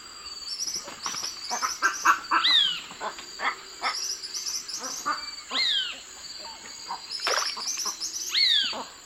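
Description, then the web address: Great kiskadee giving falling, harsh call notes about every three seconds amid busy chatter from other birds and a continuous high insect buzz. Recorded in the eastern lowlands of South America. "Natures Songs S America Eastern Lowlands. Great Kiskadee"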